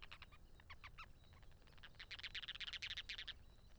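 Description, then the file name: Ruddy turnstone: wader chattering: scattered sharp notes at first, then a dense, rapid burst of harsh chatter for about a second and a half. "Ruddy Turnstone Arenaria interpres"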